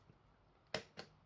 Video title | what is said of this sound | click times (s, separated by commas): THIS IS HOW YOU BUILD A PC (part1) back to basics | that and then you got tell you a little click so | 0.8 s